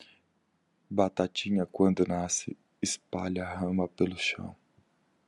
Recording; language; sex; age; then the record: short text; Brazilian Portuguese; male; 20 to 29 years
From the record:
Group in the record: control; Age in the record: 29 years